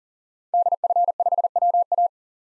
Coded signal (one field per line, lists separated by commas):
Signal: Morse code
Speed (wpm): 40 wpm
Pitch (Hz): 700 Hz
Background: none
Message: DF5WA